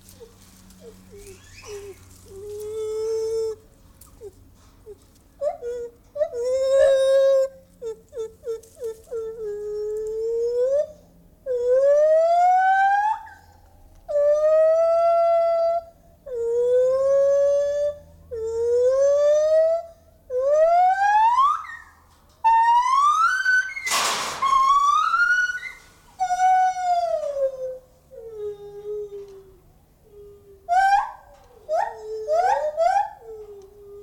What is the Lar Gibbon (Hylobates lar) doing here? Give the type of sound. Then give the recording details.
call. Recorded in captivity. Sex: group. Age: diverse. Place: Tiergarten Nürnberg, Bayern, DE. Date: 1995-09-07 18:41. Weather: bedeckt, 23°C. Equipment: Nagra SN, Sennheiser ME 80, Kopie Uher 4000 Report Monitor. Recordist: Tembrock, Günter. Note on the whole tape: Weibchen, Männchen und zwei Nachkommen (Männchen) unterschiedlich alt (subadult) von hinten herangetreten, durch bekannte Person (Sylvia Wendland) zur Lautgebung aktiviert. Längere Strecke. Entf. 50cm - 2m. Teil 2